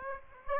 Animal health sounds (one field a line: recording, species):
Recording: mosquito wingbeat signal from an infrared sensor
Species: Aedes aegypti